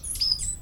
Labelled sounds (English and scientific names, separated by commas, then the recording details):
Stitchbird (Notiomystis cincta) song
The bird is a male
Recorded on Tiritiri Matangi Island, New Zealand, in 2005
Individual 22, of nest box 31